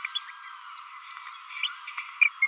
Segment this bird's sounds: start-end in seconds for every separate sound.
0.15-0.18, 1.28-1.33, 1.63-1.69, 2.21-2.28, 2.42-2.48